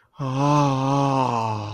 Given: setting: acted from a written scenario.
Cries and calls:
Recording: vocal sound without words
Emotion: ecstasy

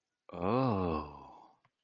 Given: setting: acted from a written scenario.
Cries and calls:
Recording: vocal sound without words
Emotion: romantic love

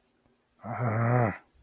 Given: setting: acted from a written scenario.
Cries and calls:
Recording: vocal sound without words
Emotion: anger

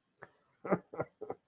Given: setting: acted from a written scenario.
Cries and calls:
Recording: vocal sound without words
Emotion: amusement

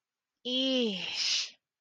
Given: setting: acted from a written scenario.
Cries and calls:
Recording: vocal sound without words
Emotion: embarrassment

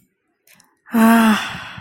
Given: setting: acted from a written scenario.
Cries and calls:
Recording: vocal sound without words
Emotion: contentment

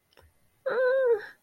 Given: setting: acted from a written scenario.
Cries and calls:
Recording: vocal sound without words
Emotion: sadness

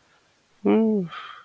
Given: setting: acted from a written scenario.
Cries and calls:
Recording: vocal sound without words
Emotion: shame

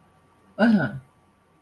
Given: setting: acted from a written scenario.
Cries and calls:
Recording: vocal sound without words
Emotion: neutral

